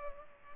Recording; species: mosquito wingbeat signal from an infrared sensor; Culex pipiens